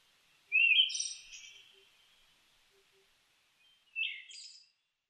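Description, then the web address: Siberian thrush song, two clipped phrases pairing a warbled low note with a high, buzzy squeak, the second softer, separated by a quiet gap. Recorded 29 May 2004. "2004 040529 mamijiro"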